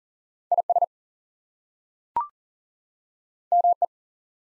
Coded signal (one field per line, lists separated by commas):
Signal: Morse code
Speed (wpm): 40 wpm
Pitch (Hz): 700 Hz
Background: none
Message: IS ME